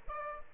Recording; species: mosquito wingbeat signal from an infrared sensor; Aedes aegypti